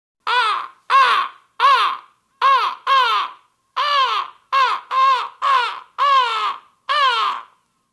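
Crow cawing: a series of harsh, nasal caws in quick succession, each rising then falling in pitch, with uneven gaps.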